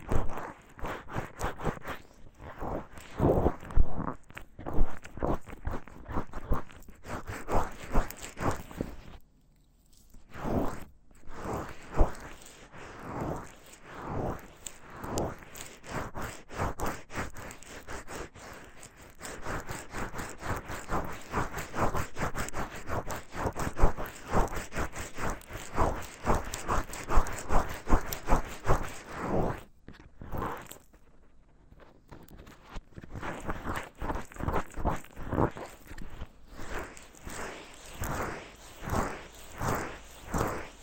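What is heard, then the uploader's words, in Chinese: Wet ear massage with lotion: rapid rubbing and squelching strokes run almost continuously, pausing briefly near ten and thirty-one seconds. ASMR×KU100 | 乳液耳朵按摩 | Ear Massage | NO Talking。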